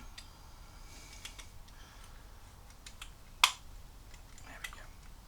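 A plastic wiring connector on a Dynatek DS3-2 aftermarket electronic ignition module is pushed home while the ignition is fitted to a 1980 Suzuki GS 550 motorcycle. Faint ticks and small handling taps run through the clip before one loud, sharp click at 3.4 s, followed by a softer tap near 4.7 s. The connector seats at 3.4 s, as it probably had not been fully clicked in before.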